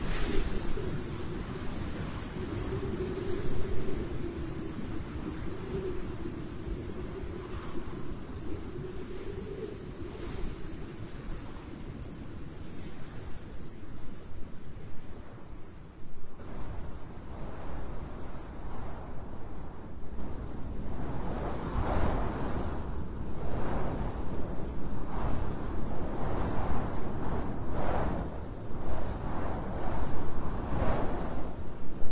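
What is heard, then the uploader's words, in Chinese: Wind blows steadily outdoors, with a deep rumble underneath and a low droning hum through the first ten seconds. After about twenty seconds it turns gustier, brighter rushes surging every couple of seconds like surf washing in, growing slightly louder toward the end. 大自然吹的风。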